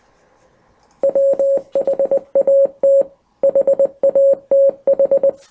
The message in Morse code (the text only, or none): WHAT HATH